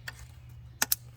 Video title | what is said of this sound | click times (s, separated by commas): 1992 Nissan 3rd Gen Maxima VE30DE Engine Maintenance Spark Plugs | click those you should hear it click and click | 0.8 s, 0.9 s